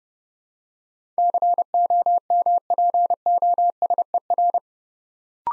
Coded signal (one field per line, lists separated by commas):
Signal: Morse code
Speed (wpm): 30 wpm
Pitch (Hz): 700 Hz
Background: none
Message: COMPOSER